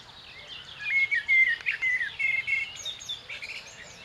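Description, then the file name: Common blackbird with a quick series of thin, whistled notes in the middle, fading into softer chirps. "Turdus merula"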